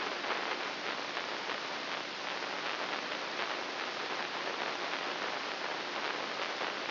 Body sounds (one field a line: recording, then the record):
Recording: brain microelectrode recording played as sound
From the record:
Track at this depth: inside the subthalamic nucleus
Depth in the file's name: 1.205 mm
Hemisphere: right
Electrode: 3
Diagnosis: Parkinson's disease